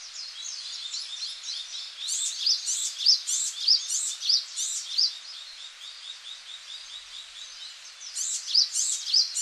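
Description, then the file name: Japanese tit calling in short bright high-pitched phrases, repeated roughly every half second in bursts, over a constant busy chatter of other small birds. Recorded in Okinawa on 11 March 2006. "sijuukara 060311 okinawa kaji"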